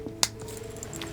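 After charms, including a Pascal charm, are threaded onto a metal Rapunzel-style charm key ring, its metal clasp is closed with one sharp, loud metallic click at 0.2 s. Fainter metallic rattles from the charms follow around 0.8 s, 1.0 s and 1.2 s, and the clasp is snapped shut.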